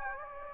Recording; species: mosquito wingbeat signal from an infrared sensor; Anopheles gambiae